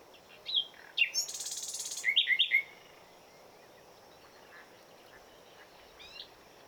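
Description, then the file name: Common nightingale delivering a short phrase of slurred whistles, a grating buzzy trill and fast slurred chirps, then near silence with a few faint notes later. "Luscinia megarhynchos"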